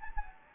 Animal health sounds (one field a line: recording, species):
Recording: mosquito wingbeat signal from an infrared sensor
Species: Anopheles gambiae